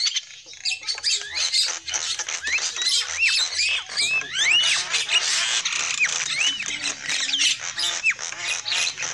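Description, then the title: Lovebird calls: continuous shrill chattering with repeated clear arched whistles that rise and fall, several birds calling at once. Lure call used for trapping lovebirds. "PIKAT BURUNG LOVEBIRD"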